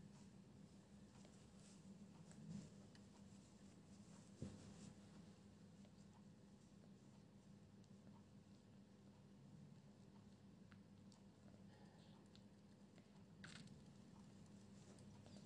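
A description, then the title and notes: Pencil scratching softly over a steady low hum, with brief louder taps near 2.5, 4.5 and 13.5 seconds. Pencil ASMR, quiet space, page flipping, scribbles.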